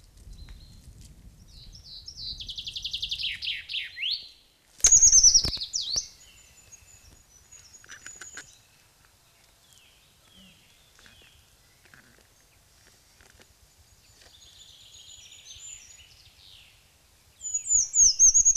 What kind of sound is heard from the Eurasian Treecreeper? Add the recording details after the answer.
song. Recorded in the wild. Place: Oberstdorf, Bayern, DE. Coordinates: 47.3961, 10.2503. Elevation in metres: 1030. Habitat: mountains. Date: 1985-04-04. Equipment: Uher 4000 Report. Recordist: Tretzel, Erwin